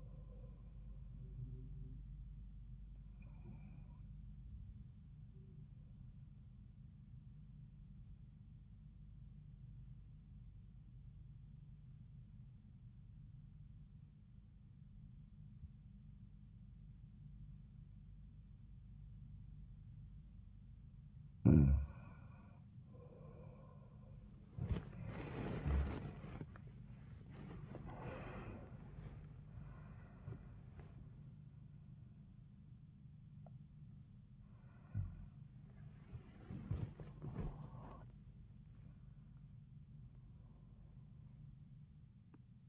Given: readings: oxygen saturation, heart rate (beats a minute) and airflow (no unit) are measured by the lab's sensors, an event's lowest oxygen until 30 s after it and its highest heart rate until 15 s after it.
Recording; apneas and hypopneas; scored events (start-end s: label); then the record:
breathing in sleep by a smartphone at the bedside; 1
11.00-22.70 s: obstructive apnea (N1, oxygen 97% highest, then 89% lowest, heart rate 75 at the start, 94 highest)
26.00-42.69 s: awake
26.00-42.69 s: new sleep stage, awake
From the record:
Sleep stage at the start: N1 (lightest sleep); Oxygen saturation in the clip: 86 to 97%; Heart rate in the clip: 75 to 99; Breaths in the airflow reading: 6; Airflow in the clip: -21.9 to 18.1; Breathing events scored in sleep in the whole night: 400 in 8.7 hours asleep